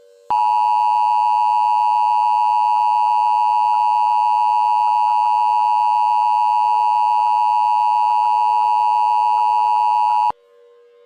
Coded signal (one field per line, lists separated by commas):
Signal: Emergency Alert System (SAME) tones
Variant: 853 and 960 Hz attention tone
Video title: EF7 EAS Scenario (yes this is intentionally unrealistic)